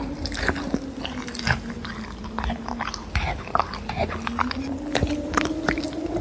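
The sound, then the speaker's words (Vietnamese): Wet, smacking chewing sounds coming from behind a broken stone stele, irregular bites and squelches repeating steadily over a low, continuous hum, fairly loud throughout. “Nhưng chưa kịp xoay người, từ đằng sau tấm bia vỡ đã vọng ra tiếng gai tịt chóp chép.”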